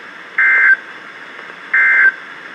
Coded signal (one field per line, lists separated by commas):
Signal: Emergency Alert System (SAME) tones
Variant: end-of-message bursts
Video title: Severe Thunderstorm Warning (EAS #1619)